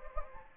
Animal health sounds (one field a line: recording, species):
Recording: mosquito wingbeat signal from an infrared sensor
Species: Anopheles gambiae